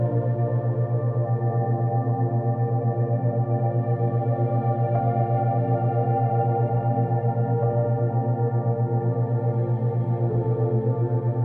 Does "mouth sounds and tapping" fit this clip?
no